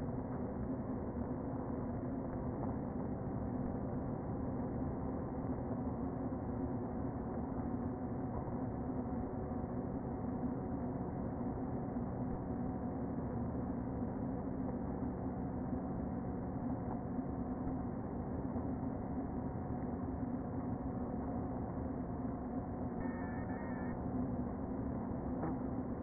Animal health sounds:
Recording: honeybee colony, microphone inside the hive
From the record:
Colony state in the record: queen present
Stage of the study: before two queens were removed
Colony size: about 60,000 bees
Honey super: yes

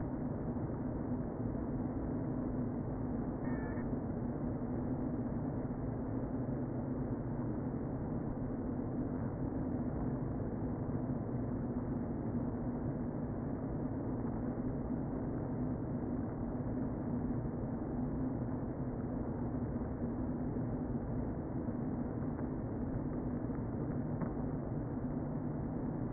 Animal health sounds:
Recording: honeybee colony, microphone inside the hive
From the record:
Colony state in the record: queen present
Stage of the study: before two queens were removed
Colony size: about 60,000 bees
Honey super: yes

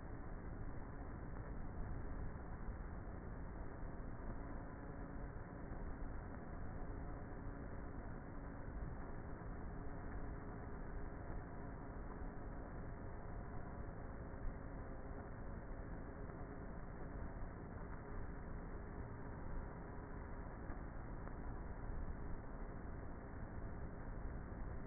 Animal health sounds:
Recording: honeybee colony, microphone inside the hive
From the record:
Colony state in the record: queenless with a low population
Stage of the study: before two queens were removed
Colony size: about 30,000 bees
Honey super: no

